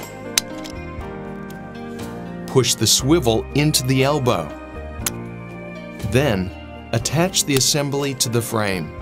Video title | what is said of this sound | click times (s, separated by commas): ResMed Mirage SOFTGEL Nasal Mask Fitting, Disassembly, Cleaning | wind the microfit dial back to one until it clicks | 0.4 s